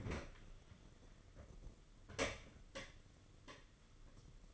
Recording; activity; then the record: daily activity, microphone in the room; open fridge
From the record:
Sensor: 4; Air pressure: 995.4 hPa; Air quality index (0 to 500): 211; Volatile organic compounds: 224 ppm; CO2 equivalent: 4288 ppm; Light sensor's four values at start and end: 29/92/34/36 and 28/90/33/36